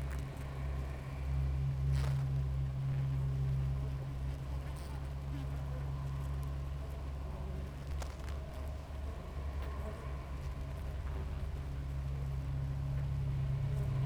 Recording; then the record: honeybee colony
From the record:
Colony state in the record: active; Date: 28 July 2017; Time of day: 6:22